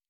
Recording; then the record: hydrophone in a shrimp aquaculture tank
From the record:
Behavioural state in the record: normal